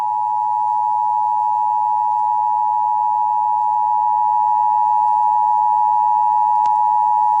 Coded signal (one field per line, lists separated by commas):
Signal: Emergency Alert System (SAME) tones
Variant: 853 and 960 Hz attention tone